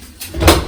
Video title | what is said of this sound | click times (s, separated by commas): How to use Dishwasher - Filling Salt, Rinsing Aid and tablet - Full cycle loading -LondonTamil vlogs | lock பண்ணிட்டேன். Lock ஆகிடும். | 0.5 s